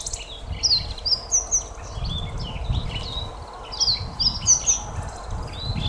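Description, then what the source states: Rustic Bunting song: two quick, sweet, slurred phrases about three seconds apart, with softer twittering between them and a low rumbling background. Recorded on 26 March 2016.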